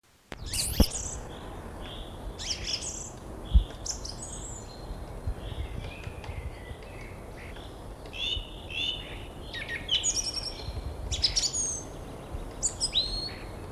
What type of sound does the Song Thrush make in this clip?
song